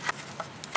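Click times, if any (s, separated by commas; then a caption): none. A carbon fiber mirror trim piece is handled and fitted toward the side mirror housing of a Golf R MK8, making short, light plastic taps and ticks at about 0.1, 0.6 and 0.8 seconds against a quiet background. Nothing has seated or clicked into place yet.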